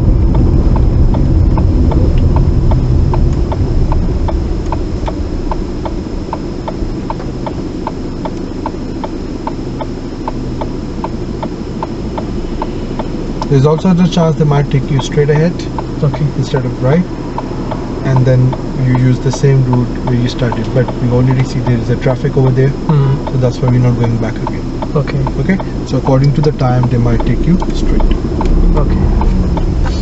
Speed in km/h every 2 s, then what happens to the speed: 18, 8, 2, 0, 0, 0, 0, 0, 0, 0, 0, 0, 0, 8, 8.
0-4 brakes to 2. 4-24 standing. 24-26 pulls away to 8.